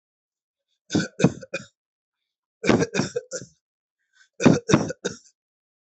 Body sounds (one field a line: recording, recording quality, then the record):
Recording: shallow voluntary cough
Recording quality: excellent, no background noise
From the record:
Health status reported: healthy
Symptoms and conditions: none ticked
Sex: male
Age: 30 years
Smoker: not ticked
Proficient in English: yes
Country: India